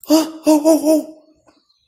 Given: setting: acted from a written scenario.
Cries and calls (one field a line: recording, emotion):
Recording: vocal sound without words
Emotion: distress